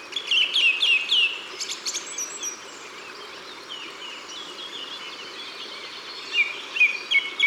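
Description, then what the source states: Song thrush delivering a quick phrase repeated three times, a pause, then another repeated phrase. Recorded in Ardèche, France.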